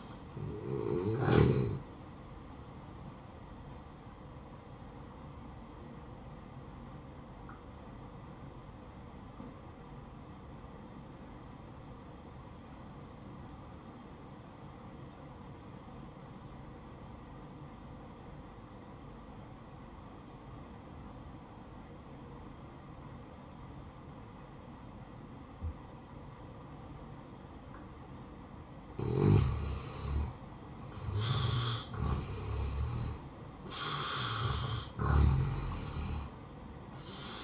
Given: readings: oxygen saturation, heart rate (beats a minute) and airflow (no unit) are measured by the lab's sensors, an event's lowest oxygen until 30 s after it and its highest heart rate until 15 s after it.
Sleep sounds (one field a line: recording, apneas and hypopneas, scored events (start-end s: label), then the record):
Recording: breathing in sleep by a smartphone at the bedside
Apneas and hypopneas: 1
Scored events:
5.00-31.20 s: hypopnea (REM, oxygen 94% highest, then 83% lowest, heart rate 68 at the start, 73 highest)
28.00-37.44 s: new sleep stage, N1 (lightest sleep)
From the record:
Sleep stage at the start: REM sleep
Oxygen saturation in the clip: 74 to 94%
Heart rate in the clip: 62 to 73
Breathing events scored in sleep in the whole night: 573 in 9.8 hours asleep